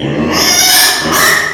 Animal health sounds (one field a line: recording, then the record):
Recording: squeal of a Yucatan mini pig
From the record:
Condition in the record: before surgery on the right vocal fold (resection and tissue-engineered implant)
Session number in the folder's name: 2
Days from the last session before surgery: 0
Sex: male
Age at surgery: 12 weeks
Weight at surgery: 13 kg